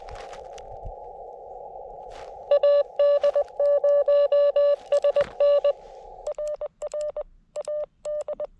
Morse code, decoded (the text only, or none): AD0SN RR AD